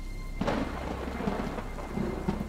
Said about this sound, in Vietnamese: Gió bắt đầu thổi, mang theo vài hạt mưa đêm. Một hạt, hai hạt, rồi ngay tức thì sau, mưa ào ào lên dữ dội.